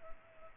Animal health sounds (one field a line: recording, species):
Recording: mosquito wingbeat signal from an infrared sensor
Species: Culex pipiens